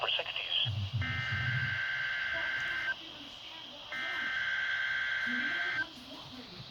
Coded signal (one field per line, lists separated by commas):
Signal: Emergency Alert System (SAME) tones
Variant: header bursts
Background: speech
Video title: MAY THE TEST BE WITH YOU! (5/4/22)(EAS #904)